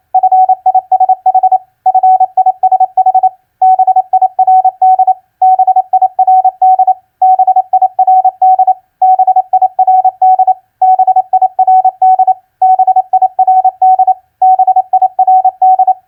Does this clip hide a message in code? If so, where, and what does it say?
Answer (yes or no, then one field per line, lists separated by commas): yes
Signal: Morse code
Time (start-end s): 0.1-15.9 s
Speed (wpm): 28 wpm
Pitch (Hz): 750 Hz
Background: none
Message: FISH FISH BIRD BIRD BIRD BIRD BIRD BIRD BIRD